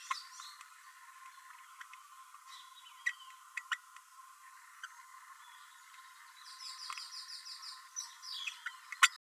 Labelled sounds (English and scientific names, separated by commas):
Green-rumped Parrotlet (Forpus passerinus) babbling